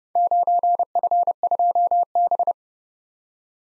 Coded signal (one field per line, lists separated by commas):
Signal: Morse code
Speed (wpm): 29 wpm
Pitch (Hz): 700 Hz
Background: none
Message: 9F2B